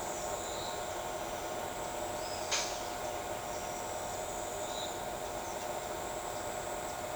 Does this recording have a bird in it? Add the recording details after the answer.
no. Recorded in shrubland near Pivijay, Magdalena, Colombia, on 13 April 2023 at 06:30. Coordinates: 10.453, -74.365. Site P5-G022